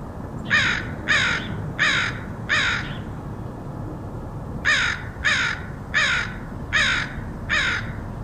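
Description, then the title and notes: Crow cawing in two bouts: four harsh caws, a pause of over a second, then five more evenly spaced caws, over low background rumble. Crows recorded in Portland, Oregon, August 2003. "Crows of Portland. Crows recorded by Dan Bodah in Portland, OR, August 2003"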